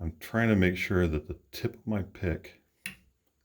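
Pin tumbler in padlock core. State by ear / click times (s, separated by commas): seated / 2.9 s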